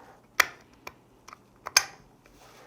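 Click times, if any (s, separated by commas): 1.8 s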